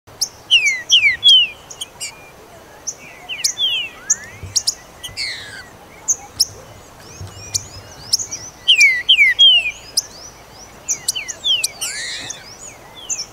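Green-winged saltator song: falling whistles in several phrases, with many sharp high chirps around them.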